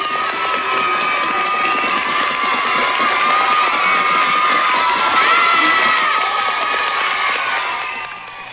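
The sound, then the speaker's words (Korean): A crowd of children cheers and shouts continuously, a loud, bright wash of high-pitched voices that holds steady for several seconds before easing slightly at the end. “고양이 복장을 한 마리온이 드디어 줄을 타고 올라가 공중 고개를 시작합니다. 아이들의 환호는 그치질 않습니다.”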